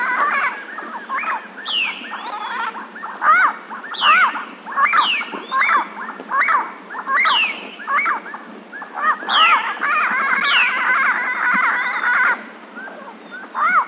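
Bird calls: a steady series of harsh, arched notes repeated roughly once a second, with a denser run of notes midway.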